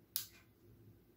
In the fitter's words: तो ये लॉक हो जाता है।